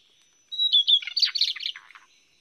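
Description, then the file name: Lesser shortwing song: one short burst that opens with high thin whistles, then breaks into a fast jumbled twittering that falls slightly at the end. "小翼鶇"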